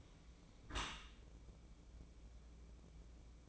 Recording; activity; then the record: daily activity, microphone in the room; close dishwasher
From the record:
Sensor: 1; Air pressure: 1012.4 hPa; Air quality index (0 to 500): 173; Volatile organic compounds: 3 ppm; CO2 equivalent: 1409 ppm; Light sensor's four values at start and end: 364/831/369/406 and 364/832/369/407